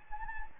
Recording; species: mosquito wingbeat signal from an infrared sensor; Anopheles gambiae